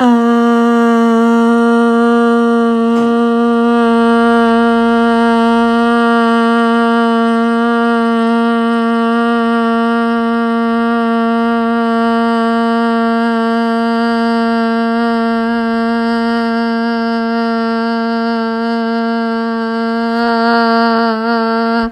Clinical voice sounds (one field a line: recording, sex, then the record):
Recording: sustained vowel /a/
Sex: female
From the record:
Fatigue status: no fatigue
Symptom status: symptomatic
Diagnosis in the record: COVID-19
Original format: m4a